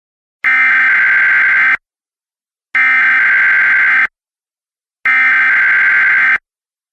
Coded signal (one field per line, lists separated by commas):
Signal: Emergency Alert System (SAME) tones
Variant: header bursts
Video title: EAS Flash Flood Warning (Boyd, KY, Carter, KY, Greenup, KY, and OH Counties)